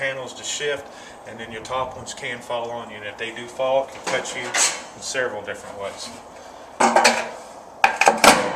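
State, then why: Seated. A metal hurricane storm shutter panel is worked onto its window mounting track while someone talks. Sharp metallic impacts ring out from about 6.8 s, and at 7.8 s the panel drops and locks in place, followed by a few more clanks.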